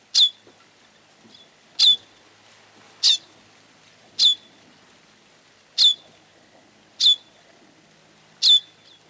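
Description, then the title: Bird giving a steady series of sharp, high, downward-sweeping notes, seven in all, spaced about one to one and a half seconds apart. "LuckyPassaro Completos2Sama"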